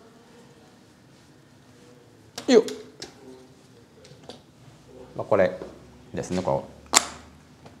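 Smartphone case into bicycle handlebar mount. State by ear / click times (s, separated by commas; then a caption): seated / 7.0 s. Someone talks while a Peak Design smartphone case is handled and pressed onto a bicycle handlebar mount in the hard-lock position, with a few soft knocks along the way. At 7.0 s the case seats into the mount with a loud, sharp snap.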